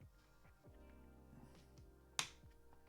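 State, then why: Seated. A plastic LEGO piece is clipped on over the top of a LEGO Williams FW14B model car assembly while music plays in the background. A single sharp snap at 2.2 seconds marks the piece seating in place.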